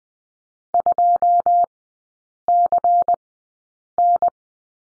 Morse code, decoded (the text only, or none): 2CN